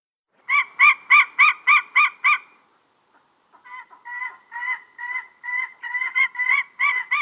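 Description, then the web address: White-tailed eagle uttering a fast run of loud ringing yelps, then after a short pause a longer, softer series of quick repeated notes that build again. "Schulze Peter White-tailed Eagle"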